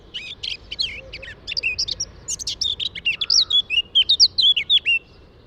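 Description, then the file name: Eurasian blackcap song, a scratchy high chattering warble that ends in a string of clear, fluty whistled notes. "Sylvia atricapilla"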